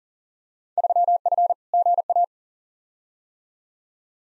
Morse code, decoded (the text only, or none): 3F GA